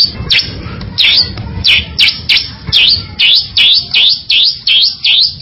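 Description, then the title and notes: Bali myna song of sharp, swooping whistled notes repeated in a quick series. "Jalak Bali. Kicau Burung Jalak"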